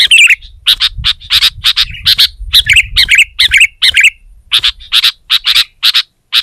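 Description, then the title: Sooty-headed bulbul giving rapid bright chirps and bubbly warbled notes in a steady stream, later more spaced out, soft low hum behind at first. "kutilang"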